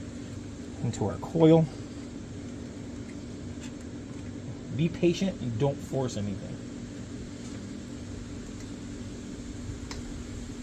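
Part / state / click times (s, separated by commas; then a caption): spark plug wire terminal into ignition coil / not seated / none. Someone talks while handling the other end of a spark plug wire, fitting its terminal toward the ignition coil tower on a Buell XB9R / XB12 motorcycle over a steady background hum. There are short bursts of sound around 1.0–1.6 s and 4.8–6.2 s, and a brief sharp tick at 9.9 s. The wire has not seated or clicked into the coil yet.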